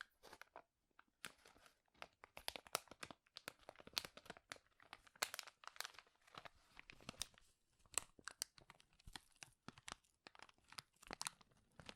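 Loud, sharp crinkling runs through the whole twelve seconds, a dense stream of crackly bursts with brief gaps of silence between clusters. The crackles are bright and snappy, coming irregularly several times a second, with a few louder crunches standing out.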